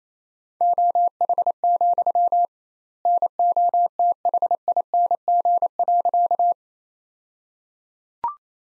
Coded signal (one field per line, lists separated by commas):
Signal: Morse code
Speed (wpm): 27 wpm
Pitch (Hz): 700 Hz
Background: none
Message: OH, NOTHING.